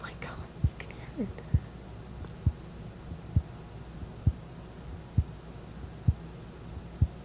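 Audible heartbeat of an adult woman, heard through a microphone placed right in front of her chest in a quiet room.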